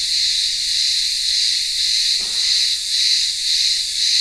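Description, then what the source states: Cicadas give a continuous dense buzzing drone, steady and high, with a gentle pulsing swell about twice a second; a brief faint low sound midway. Cicadas in a town square of a remote Greek village on Ikaria island, Greece, in midday heat.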